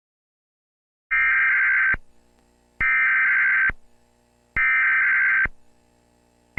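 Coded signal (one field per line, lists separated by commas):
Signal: Emergency Alert System (SAME) tones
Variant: header bursts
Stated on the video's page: Fan-made remake of a Verizon FiOS EAS failure, built from audio mixes and splices; not a real alert.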